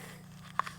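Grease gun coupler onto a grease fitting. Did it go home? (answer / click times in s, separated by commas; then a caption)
yes / 0.6 s. A grease gun coupler is pushed onto a new metal grease fitting on an excavator cylinder and seats with one sharp click at 0.6 s, while the old fittings would not take it. A faint tick comes just before and a smaller one just after, over a steady low hum. The coupler is seated on the fitting.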